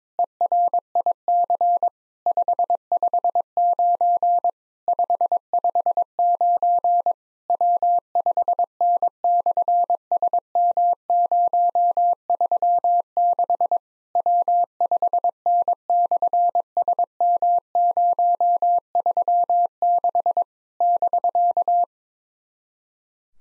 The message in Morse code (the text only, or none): ERIC 559 559 W5N/SM036 W5N/SM036 <BK>